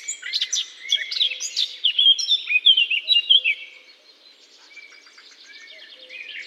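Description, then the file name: Eurasian blackcap warbling loudly for about four seconds, rich and fluty, then fading into quiet, softer twittering. Singing in holly. "chant de fauvette a tete noire dans houx"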